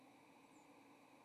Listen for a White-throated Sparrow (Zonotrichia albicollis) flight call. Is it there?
no